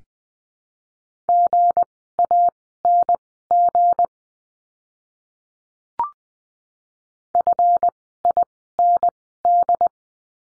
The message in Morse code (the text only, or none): GANG FIND